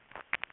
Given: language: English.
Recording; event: throat vibration sensor signal played as sound; swallow